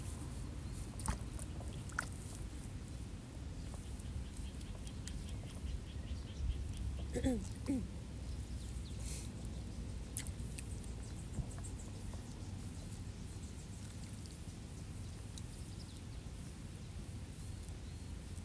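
Water sounds from a flooded rice paddy run steadily through the whole clip, a low, busy splashing and rustling. Sparrows chirp in quick bright bursts throughout, and around seven seconds a short rising call, possibly a frog, stands out.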